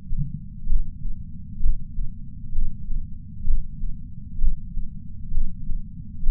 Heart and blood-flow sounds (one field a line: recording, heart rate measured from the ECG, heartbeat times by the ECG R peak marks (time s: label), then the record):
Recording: heart sounds by patch sensor on the chest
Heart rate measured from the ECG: 65 bpm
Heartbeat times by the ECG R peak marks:
0.66 s: heartbeat
1.59 s: heartbeat
2.52 s: heartbeat
3.44 s: heartbeat
4.38 s: heartbeat
5.31 s: heartbeat
6.23 s: heartbeat
From the record:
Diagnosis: coronary artery disease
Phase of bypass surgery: preoperative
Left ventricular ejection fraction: 64%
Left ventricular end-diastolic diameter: 46 mm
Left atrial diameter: 41 mm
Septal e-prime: 5 cm/s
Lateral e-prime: 6 cm/s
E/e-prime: 12.5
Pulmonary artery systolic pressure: 30 mmHg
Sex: male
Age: 62 years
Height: 165 cm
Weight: 72 kg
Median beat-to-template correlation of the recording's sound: 0.93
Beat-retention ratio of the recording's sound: 0.99